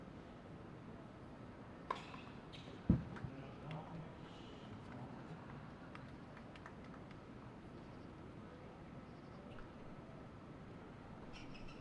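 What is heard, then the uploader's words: Crickets chirp and people chat quietly over a steady low rumble of trains passing in the distance. A sharp knock lands near the three-second mark, with a softer one just before it. Faint high clicks and brief bright chirps are scattered throughout. Night time tennis match. Late at night there's a tennis match. The crickets chirp, trains passby in the disance, people quietly chat, two tennis players compete.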